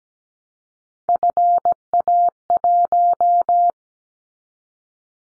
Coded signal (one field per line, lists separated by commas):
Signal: Morse code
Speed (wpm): 17 wpm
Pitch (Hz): 700 Hz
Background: none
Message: FA1